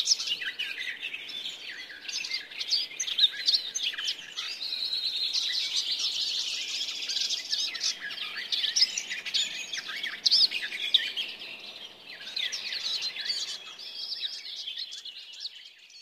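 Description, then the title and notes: Garden Warbler singing a long, rich, rapid warble of jumbled high notes that flows on steadily with only brief dips, faint ambient noise beneath. Nature sound of the week presented by Risto Nevanlinna; song described as fast-paced and flute-like, coming from hidden spots in deciduous trees. "Lehtokerttu. Viikon luontoäänen lehtokertun esitteli Risto Nevanlinna"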